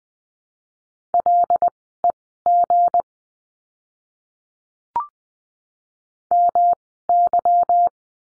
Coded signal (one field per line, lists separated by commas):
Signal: Morse code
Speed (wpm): 20 wpm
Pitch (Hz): 700 Hz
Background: none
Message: LEG MY